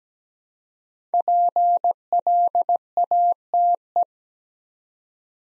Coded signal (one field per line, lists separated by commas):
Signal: Morse code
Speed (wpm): 17 wpm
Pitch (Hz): 700 Hz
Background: none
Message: PLATE